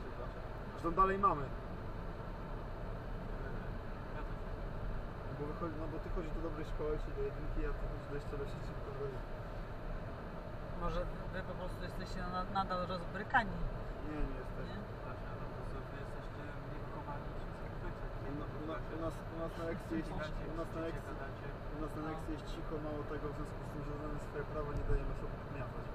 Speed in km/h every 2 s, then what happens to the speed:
59, 58, 58, 58, 58, 58, 58, 58, 58, 58, 58, 58, 58.
0-26 steady at about 58.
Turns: none.